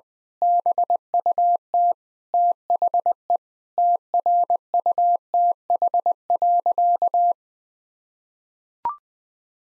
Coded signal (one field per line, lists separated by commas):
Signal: Morse code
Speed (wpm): 20 wpm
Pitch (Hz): 700 Hz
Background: none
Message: BUT THE TRUTH.